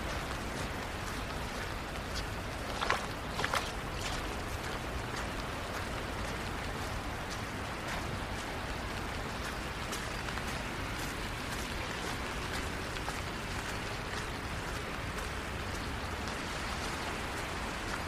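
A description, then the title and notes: Rain on a long walk around the neighborhood: a steady, dense hiss of falling drops fills the clip evenly from start to end. Near the three-second mark a couple of sharp taps stand out, and a faint low rumble like a passing vehicle runs underneath. Long Walk In The Rain Around The Neighborhood.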